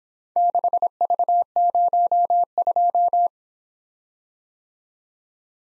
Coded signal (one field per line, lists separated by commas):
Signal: Morse code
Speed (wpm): 26 wpm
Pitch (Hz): 700 Hz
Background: none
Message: 6V02